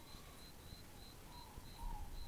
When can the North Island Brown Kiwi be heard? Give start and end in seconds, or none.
none